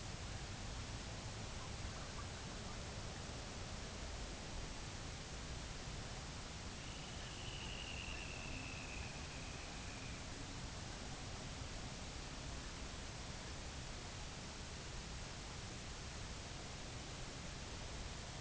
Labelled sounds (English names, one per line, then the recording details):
unidentified sound
Dunlin
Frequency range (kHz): Dunlin 1.0-4.2 kHz
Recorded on Arctic tundra, site UTQI-2, on 16 June 2019
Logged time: 10:00